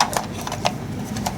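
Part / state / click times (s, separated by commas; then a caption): metal part (likely bolt or magazine) into rifle / not seated / none. After being reassembled wrongly, a metal part of a firearm, likely a bolt or magazine, is pushed again into a rifle. Several sharp knocks land at about 0.0, 0.2, 0.5, 0.7, 1.2 and 1.3 seconds. Nothing has clicked into place yet.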